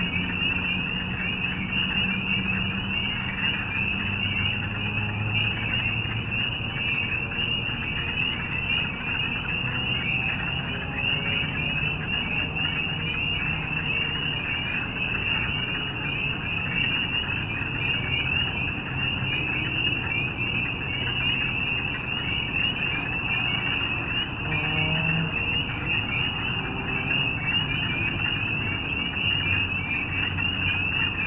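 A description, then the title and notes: Spring frogs fill the air with a dense, steady chorus of high trilling, while low rumbling tones and faint murmurs drift underneath throughout. Spring Frogs and Birds.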